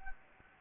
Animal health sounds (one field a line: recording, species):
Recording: mosquito wingbeat signal from an infrared sensor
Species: Anopheles arabiensis